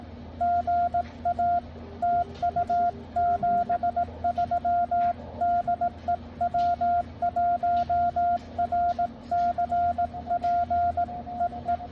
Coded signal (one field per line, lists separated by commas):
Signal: Morse code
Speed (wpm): 18 wpm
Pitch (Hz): 700 Hz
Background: none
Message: GA TU 73 DE W1RCP EE